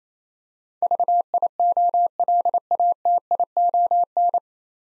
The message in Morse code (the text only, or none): VIOLATION